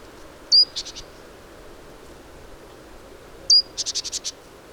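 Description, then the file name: Great tit giving a sharp, high note followed by a rapid buzzy churr, twice: first short with three pulses, then a longer one. "Parus major"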